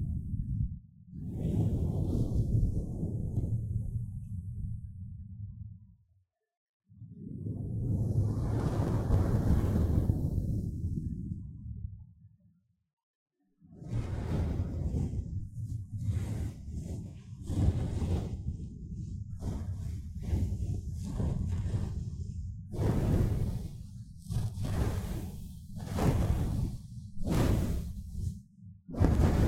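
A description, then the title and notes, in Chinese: Blowing and rubbing on a microphone: two long, swelling gusts of breath air with deep rumble, each fading out, separated by brief silences. From about 14 seconds, steady low rubbing continues with repeated scratchy brushes and quick swishes, growing faster and more frequent toward the end. 吹氣&&撫摸麥克風。Ear Blowing & Mic Touching, Brushing。NO Talking。跟摸戴毛罩的麥克風的聲音很相似。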